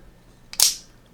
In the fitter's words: grip it by the back pull it all the way out so it locks in place and